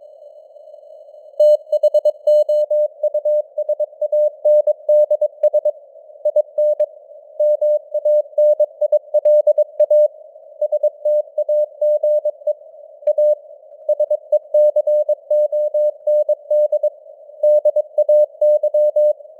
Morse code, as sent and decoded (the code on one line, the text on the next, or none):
- .... --- ..- ... .- -. -.. ... / .. -. / -- .- -. .. .-.. .- / ... - .- --. . / .- / ... . -.-. --- -. -.. / -.. .- -.--
THOUSANDS IN MANILA STAGE A SECOND DAY